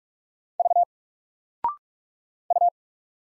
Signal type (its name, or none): Morse code